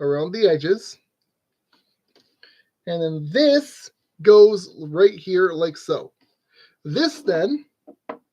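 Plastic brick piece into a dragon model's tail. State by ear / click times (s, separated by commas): seated / 8.1 s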